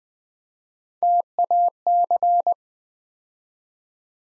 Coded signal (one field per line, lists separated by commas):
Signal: Morse code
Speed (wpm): 20 wpm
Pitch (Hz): 700 Hz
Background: none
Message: TAC